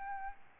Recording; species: mosquito wingbeat signal from an infrared sensor; Aedes albopictus